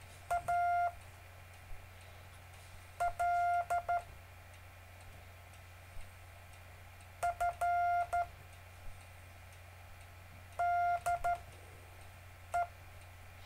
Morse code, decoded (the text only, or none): A L F D E